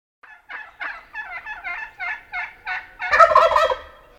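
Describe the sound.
Wild Turkey: a run of short repeated notes about three per second, ending in a loud rattling gobble burst.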